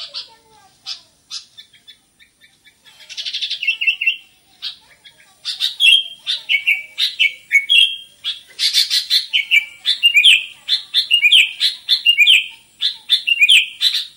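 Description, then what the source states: Sooty-headed bulbul song: scattered chips at first, then a harsh burst and a steady stream of fluty, slurred whistled notes repeated rapidly. Bird described as gacor, singing vigorously and continuously.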